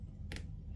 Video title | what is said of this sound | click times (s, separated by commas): Iphone XS Max Screen Replacement- Full Video | Okay, you'll hear click sound. | 0.3 s